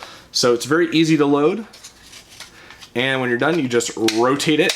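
Someone talks while handling the loaded plastic dart cylinder of a Nerf Rebelle Secrets & Spies Codebreaker toy crossbow blaster, which is turned by hand to rotate it into position, with a brief faint handling tap near 2.4 s. The clip ends before the cylinder goes home, so nothing has seated or clicked yet.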